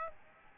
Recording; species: mosquito wingbeat signal from an infrared sensor; Aedes albopictus